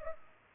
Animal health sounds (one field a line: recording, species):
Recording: mosquito wingbeat signal from an infrared sensor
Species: Culex pipiens